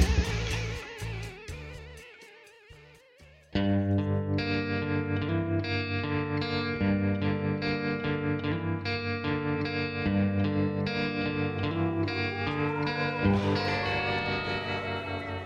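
A song plays, opening with a few seconds of warbling, choppy effected tones before a full, distorted band kicks in at a steady, loud level with dense sustained chords and rhythmic drive.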